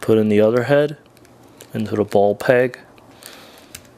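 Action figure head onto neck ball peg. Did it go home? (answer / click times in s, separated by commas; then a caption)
yes / 3.8 s. Someone talks while pushing a swapped plastic head onto the neck ball peg of a Diamond Toys Marvel Select Thanos Disney Exclusive action figure. After the talking stops, faint handling ticks follow, then a sharp little click at 3.8 s as the head seats fully on the peg.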